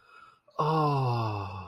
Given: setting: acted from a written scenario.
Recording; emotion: vocal sound without words; relief